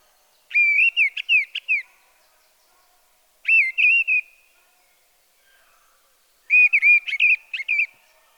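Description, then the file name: Mistle thrush song: three short fluty whistled phrases with quick rising and falling notes, about three seconds apart, separated by quiet pauses. "grive draine"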